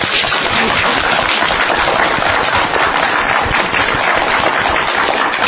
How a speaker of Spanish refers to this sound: ¿Todo eso? ¡Qué bonito! ¡Un aplauso!